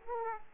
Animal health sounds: mosquito wingbeat signal from an infrared sensor; Aedes aegypti

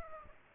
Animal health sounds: mosquito wingbeat signal from an infrared sensor; Aedes aegypti

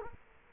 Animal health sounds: mosquito wingbeat signal from an infrared sensor; Culex quinquefasciatus

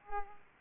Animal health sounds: mosquito wingbeat signal from an infrared sensor; Culex pipiens

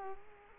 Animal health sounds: mosquito wingbeat signal from an infrared sensor; Culex quinquefasciatus

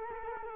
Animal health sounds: mosquito wingbeat signal from an infrared sensor; Culex quinquefasciatus

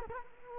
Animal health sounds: mosquito wingbeat signal from an infrared sensor; Culex quinquefasciatus

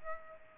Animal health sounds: mosquito wingbeat signal from an infrared sensor; Culex pipiens

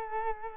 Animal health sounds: mosquito wingbeat signal from an infrared sensor; Culex quinquefasciatus

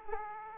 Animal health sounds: mosquito wingbeat signal from an infrared sensor; Aedes aegypti

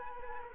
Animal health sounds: mosquito wingbeat signal from an infrared sensor; Culex quinquefasciatus

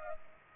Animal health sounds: mosquito wingbeat signal from an infrared sensor; Culex pipiens

